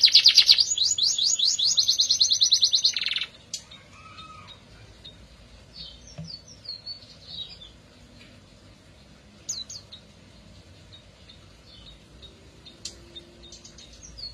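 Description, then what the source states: Canary song opening with a loud fast rolling trill lasting about three seconds, then a quieter spell of scattered soft chirps and whistles. Therapy recording for a canary that has stopped singing; F1 canary.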